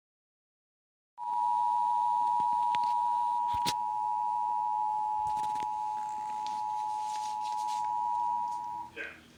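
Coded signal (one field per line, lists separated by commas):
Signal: Emergency Alert System (SAME) tones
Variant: 853 and 960 Hz attention tone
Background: speech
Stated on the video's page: Pennsylvania statewide EAS Required Monthly Test, received on radio, cable, streaming and TV stations.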